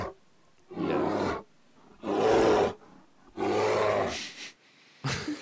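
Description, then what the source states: Grizzly bear roars: three long, harsh bursts separated by short silences, then a final burst cut off at the end. North American brown bear (grizzly bear), played as a sound example in a guessing game.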